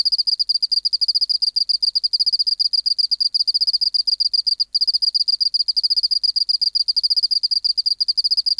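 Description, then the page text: Oceanic field cricket producing a dense, rapid pulsed trill at high pitch, almost without pause, on a quiet background. Recorded in the BMNH Acoustic Laboratory, 19 March 1984, 11:15 local time, 24 °C, 30% humidity, still air, dim light. "Teleogryllus oceanicus. BioAcoustica. Natural History Museum Sound Archive. Recording Location: BMNH Acoustic Laboratory Recorded by: W. J. Reynolds Date Recorded: Mandag, marts 19, 1984 Local time: 1115"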